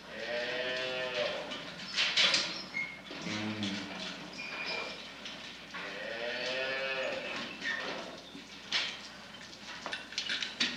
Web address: Sony Music Special - The Complete Cbs Audiofile - Sony Music Special - Cows